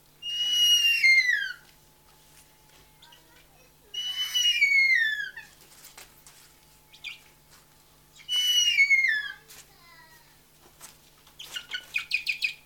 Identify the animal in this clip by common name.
Harpy Eagle